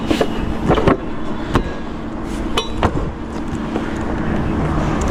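Someone handles the seat of a Pulsar 220F fitted with a top rack, lowering it toward its seat lock on the frame, producing several sharp knocks near 0.9, 1.6, 2.6 and 2.9 seconds over a steady outdoor background. The clip ends before the seat is pressed home, so nothing has seated or clicked yet.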